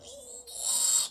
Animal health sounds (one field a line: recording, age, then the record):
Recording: pig call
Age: piglet (1 to 25 days)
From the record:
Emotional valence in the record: negative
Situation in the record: castration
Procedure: castration, fixation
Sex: male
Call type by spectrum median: high-frequency call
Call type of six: mixed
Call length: 1.11 s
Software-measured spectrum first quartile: 5350 Hz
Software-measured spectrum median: 7496 Hz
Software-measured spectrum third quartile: 8189 Hz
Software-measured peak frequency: 7670 Hz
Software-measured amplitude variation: 121 dB a second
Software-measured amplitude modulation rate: 21.1 a second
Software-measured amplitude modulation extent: 5.7 dB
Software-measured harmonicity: 3.2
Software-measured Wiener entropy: -2.67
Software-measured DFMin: 860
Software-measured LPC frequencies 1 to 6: 856, 3082, 3806, 4436, 5074, 5635 Hz